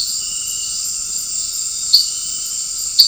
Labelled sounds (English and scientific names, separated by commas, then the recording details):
none
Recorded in dense forest near Puerto Asís, Putumayo, Colombia, on 12 March 2025 at 18:30
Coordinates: 0.500, -76.322
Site GP06